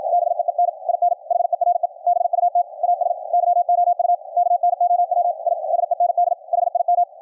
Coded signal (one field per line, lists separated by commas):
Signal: Morse code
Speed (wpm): 56 wpm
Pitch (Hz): 700 Hz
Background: none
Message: BEEN IN HERE BUT AS YOU KNOW I SEND HIM